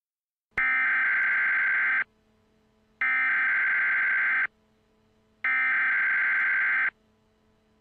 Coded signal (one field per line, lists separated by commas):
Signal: Emergency Alert System (SAME) tones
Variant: header bursts